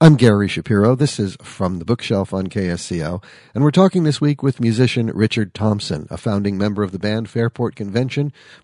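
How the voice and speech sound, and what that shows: A low-pitched adult male radio host speaks fluently in a smooth, clear announcer style, introducing the talk show From the Bookshelf on KSCO, with steady rhythm and one brief pause. Voicing is clean, with no hoarseness, breathiness, repetitions or slurring. This is typical, normal speech.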